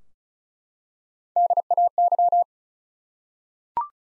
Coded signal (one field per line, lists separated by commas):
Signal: Morse code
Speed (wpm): 34 wpm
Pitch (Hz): 700 Hz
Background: none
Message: DAY